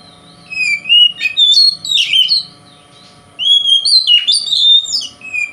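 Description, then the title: Oriental magpie-robin singing loud whistled phrases mixed with buzzy, scratchy notes in two short bouts. Called kacer; song style called 'konslet'. "Kacer Konslet Bikin Kacer Lain"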